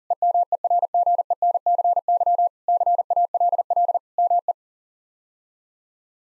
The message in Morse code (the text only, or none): EMERGENCY CALL ME